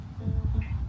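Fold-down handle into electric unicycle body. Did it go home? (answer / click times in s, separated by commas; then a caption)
no / none. A fold-down handle on an electric unicycle, probably the trolley handle, is pushed down into the unicycle body, giving low thumping rumbles and a brief higher-pitched sound around 0.6 s. It does not latch and stays free to pop up and down, so nothing has clicked or locked into place.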